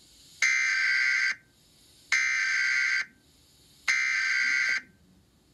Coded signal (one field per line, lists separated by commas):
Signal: Emergency Alert System (SAME) tones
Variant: header bursts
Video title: DAVID ERROR 3 EAS